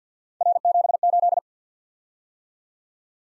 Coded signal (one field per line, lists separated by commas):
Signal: Morse code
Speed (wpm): 53 wpm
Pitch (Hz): 700 Hz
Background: none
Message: R78